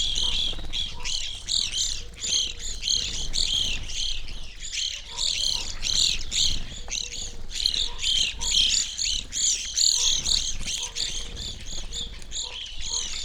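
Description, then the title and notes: Evening Grosbeaks calling as a flock, many overlapping high chirps and clipped notes in a continuous busy chatter, with faint lower tones beneath. Flock feeding busily on sunflower seeds at a feeder hung from a birch tree in a backyard, McCloud, Siskiyou County, California; relatively warm winter morning; two microphones either side of the trunk. "I recorded this at my home in the small town of McCloud in Siskiyou County, California. It was a relatively warm winter morning, and a flock of Evening Grosbeaks was busily eating a breakfast of sunflower seeds from a feeder hanging from the branch of a birch tree in my backyard."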